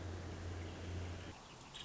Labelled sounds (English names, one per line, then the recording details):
Nuttall's Woodpecker
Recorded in Sonoma County, California